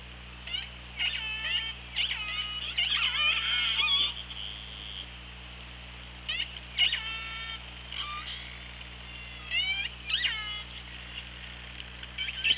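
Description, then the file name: Killer whales calling in bursts: many short harmonic calls, some sweeping upward, crowd together, pause, then return in clusters over a steady low hum. Recorded on the OrcaLab hydrophone, 24 August 2017 at 15:39. "Orca Lab UTLN 20170824 153922"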